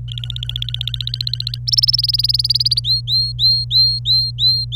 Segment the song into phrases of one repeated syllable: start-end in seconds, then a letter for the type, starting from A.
0.08-1.58 A, 1.67-2.80 B, 2.84-4.75 C